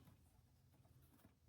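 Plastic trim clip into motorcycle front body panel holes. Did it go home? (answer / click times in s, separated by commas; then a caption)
no / none. A plastic trim clip is lined up with the two small front holes of a motorcycle front body panel during a heated grip install on a GSX8R. Only soft, low handling rustle and a steady low hum are heard, with no sharp sound. Nothing has seated or clicked yet.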